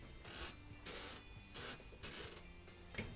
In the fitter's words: those have to line up and you will hear snap when